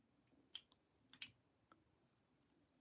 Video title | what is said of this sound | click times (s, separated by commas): 🔴 Let’s Talk Knives & Mother’s Day!! | Yeah, that button's still not locking in. | none